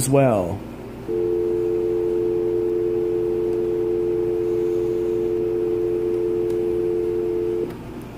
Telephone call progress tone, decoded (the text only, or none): dial tone